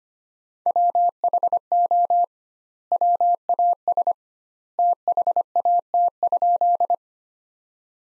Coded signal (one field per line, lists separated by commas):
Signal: Morse code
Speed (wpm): 25 wpm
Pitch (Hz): 700 Hz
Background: none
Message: WHO WAS THAT?